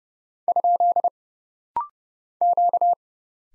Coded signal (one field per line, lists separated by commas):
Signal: Morse code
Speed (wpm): 29 wpm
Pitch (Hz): 700 Hz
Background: none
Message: ? Q